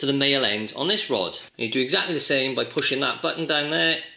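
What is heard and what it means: A man talks while handling a chimney sweep rod's push-button connector, pressing the spring button down on the male end of one rod to join it into the female end of the next rod. Nothing has seated or clicked yet.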